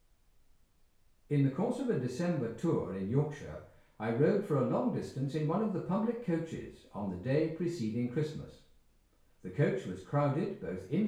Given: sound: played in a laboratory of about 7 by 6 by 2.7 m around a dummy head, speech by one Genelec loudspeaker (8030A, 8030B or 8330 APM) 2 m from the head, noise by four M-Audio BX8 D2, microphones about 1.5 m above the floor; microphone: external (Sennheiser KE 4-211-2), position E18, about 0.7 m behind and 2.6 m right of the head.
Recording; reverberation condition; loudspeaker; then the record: male speech in English; medium; 90 degrees to the right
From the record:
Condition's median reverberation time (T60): about 510 ms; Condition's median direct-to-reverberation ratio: about -0.5 dB